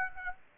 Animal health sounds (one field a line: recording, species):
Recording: mosquito wingbeat signal from an infrared sensor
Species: Aedes aegypti